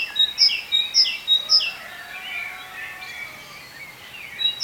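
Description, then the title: Bird calling: a quick run of bright, high chirps, then softer twittering, and another chirp burst at the end. "cizici, birds"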